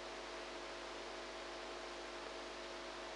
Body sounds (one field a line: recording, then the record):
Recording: brain microelectrode recording played as sound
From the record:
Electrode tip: outside the subthalamic nucleus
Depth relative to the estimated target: -4 mm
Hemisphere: right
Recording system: NeuroSet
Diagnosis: Parkinson's disease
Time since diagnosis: 8 years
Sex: female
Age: 45 years